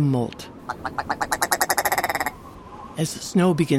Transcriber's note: Male Willow Ptarmigan call